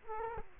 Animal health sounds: mosquito wingbeat signal from an infrared sensor; Culex quinquefasciatus

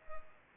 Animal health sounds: mosquito wingbeat signal from an infrared sensor; Culex pipiens

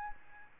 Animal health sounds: mosquito wingbeat signal from an infrared sensor; Aedes albopictus

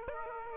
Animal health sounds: mosquito wingbeat signal from an infrared sensor; Aedes aegypti

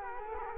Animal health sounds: mosquito wingbeat signal from an infrared sensor; Culex quinquefasciatus

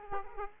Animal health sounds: mosquito wingbeat signal from an infrared sensor; Aedes aegypti

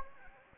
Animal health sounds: mosquito wingbeat signal from an infrared sensor; Anopheles gambiae

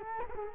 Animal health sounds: mosquito wingbeat signal from an infrared sensor; Culex quinquefasciatus

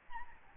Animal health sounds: mosquito wingbeat signal from an infrared sensor; Aedes albopictus

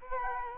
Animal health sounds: mosquito wingbeat signal from an infrared sensor; Culex quinquefasciatus

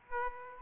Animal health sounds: mosquito wingbeat signal from an infrared sensor; Aedes aegypti

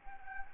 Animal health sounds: mosquito wingbeat signal from an infrared sensor; Anopheles gambiae

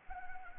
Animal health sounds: mosquito wingbeat signal from an infrared sensor; Anopheles arabiensis

